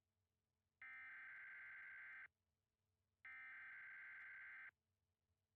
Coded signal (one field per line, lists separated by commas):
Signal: Emergency Alert System (SAME) tones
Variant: header bursts